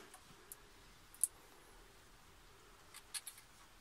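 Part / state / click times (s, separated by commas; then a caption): splice (tap) connector closed onto a wire of the combine wiring harness / seated / 1.2 s. A plastic insulation-displacement splice (tap) connector is squeezed shut with pliers over a wire of a combine wiring harness, with faint ticks beforehand. Its cover snaps closed with a sharp click at 1.2 s, so the connector is seated and ready to be tapped onto. A few softer ticks follow near the end.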